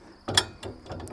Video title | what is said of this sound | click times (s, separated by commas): Rough Cut EZYLoader Demo | and now it's locked into place and you do that on both sides and you're good to go | 0.4 s